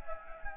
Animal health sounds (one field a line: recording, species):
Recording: mosquito wingbeat signal from an infrared sensor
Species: Anopheles gambiae